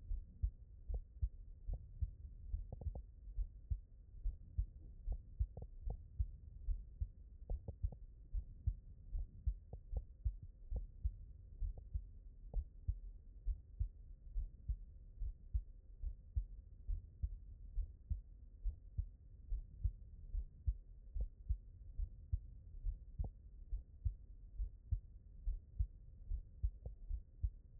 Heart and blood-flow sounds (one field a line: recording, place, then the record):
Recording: heart sounds by stethoscope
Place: mitral valve (MV)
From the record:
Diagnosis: non-HFrEF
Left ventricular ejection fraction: 67%